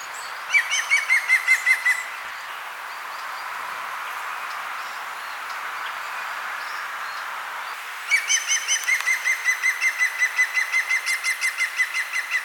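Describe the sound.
European green woodpecker gives a short burst of ringing, laughing notes, then a quiet pause, then a longer, rapid run of repeated yelping notes.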